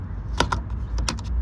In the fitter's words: You hear it click, now it's closed.